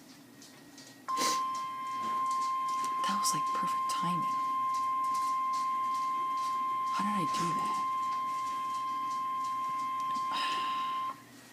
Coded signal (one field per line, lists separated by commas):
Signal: Emergency Alert System (SAME) tones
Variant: 1050 Hz attention tone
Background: speech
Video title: Severe Thunderstorm Warning-EAS #45